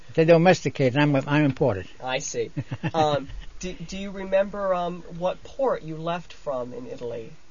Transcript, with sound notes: They're domesticated. I'm imported.
I see. (laughs) Do you remember what port you left from in Italy?